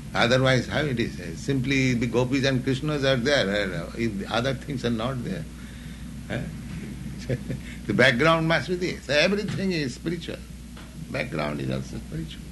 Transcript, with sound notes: Otherwise how it is, simply if the gopīs and Kṛṣṇas are there, if the other things are not there? [chuckles] The background must be there. So everything is spiritual. Background is also spiritual.